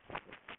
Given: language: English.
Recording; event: throat vibration sensor signal played as sound; throat clearing